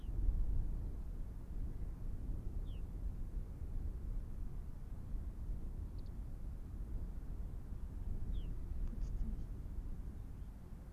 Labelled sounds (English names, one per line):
Arctic Fox